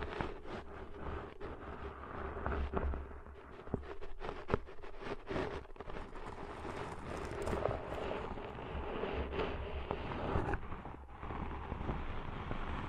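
Deep ear cleaning sounds: dense, irregular crackles and scratchy pops over a steady low rumble and faint hum, continuing without pause throughout.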